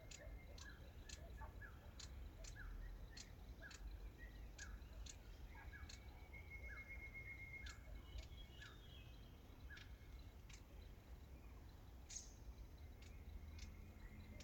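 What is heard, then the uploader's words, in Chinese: Forest ambience on a mountain, with a steady low rumble underneath. Short chirps or ticks repeat about every half second through most of the clip, joined by a brief trilling call around seven seconds and scattered bird-like notes. 懶山林環境音。早晨。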